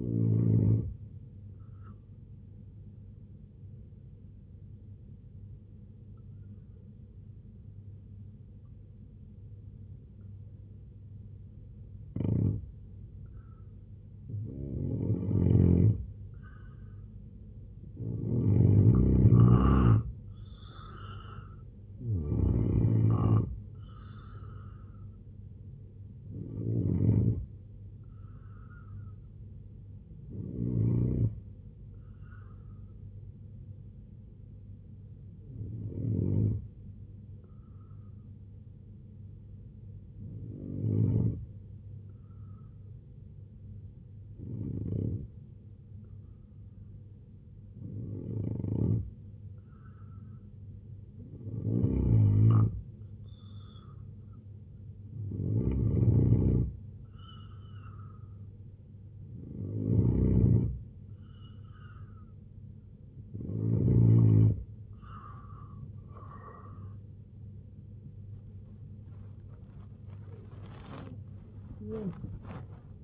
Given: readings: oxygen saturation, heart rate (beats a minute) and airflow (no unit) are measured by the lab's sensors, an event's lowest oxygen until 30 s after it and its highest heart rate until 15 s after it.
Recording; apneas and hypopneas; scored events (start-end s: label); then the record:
breathing in sleep by a smartphone at the bedside; 2
3.00-19.00 s: hypopnea (N2, oxygen 91% highest, then 84% lowest, heart rate 77 at the start, 85 highest)
35.00-55.50 s: hypopnea (N2, oxygen 93% highest, then 87% lowest, heart rate 68 at the start, 95 highest)
58.00-73.04 s: new sleep stage, N1 (lightest sleep)
From the record:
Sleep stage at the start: N2 (light sleep); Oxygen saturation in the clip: 84 to 93%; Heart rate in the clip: 68 to 99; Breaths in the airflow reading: 17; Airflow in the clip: -9.9 to 7.4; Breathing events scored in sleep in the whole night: 258 in 7.4 hours asleep